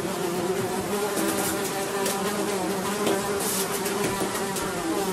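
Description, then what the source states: Fly buzzing: a constant, even droning hum with faint rustling clicks. Several flies buzzing.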